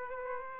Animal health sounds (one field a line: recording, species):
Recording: mosquito wingbeat signal from an infrared sensor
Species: Aedes aegypti